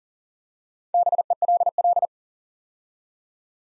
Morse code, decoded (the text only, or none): BELL